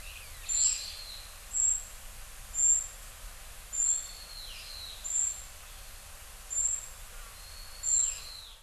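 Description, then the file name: Narcissus flycatcher calling: a short, very high, clipped note repeated about once a second, with softer downslurred whistles between, over a steady background hiss. Recorded at Kaji, Hyogo, Japan; dated 0906. "kibitaki 0906 hyogo kaji"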